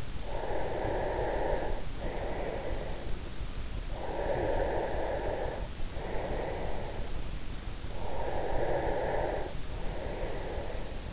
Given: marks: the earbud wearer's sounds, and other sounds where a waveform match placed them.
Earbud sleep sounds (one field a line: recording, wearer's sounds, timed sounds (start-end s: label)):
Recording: sounds in sleep by an in-ear microphone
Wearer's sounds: breath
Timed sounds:
0.00-3.35 s: breath
3.99-7.10 s: breath
8.08-11.13 s: breath